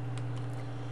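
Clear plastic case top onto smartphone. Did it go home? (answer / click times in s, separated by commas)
no / none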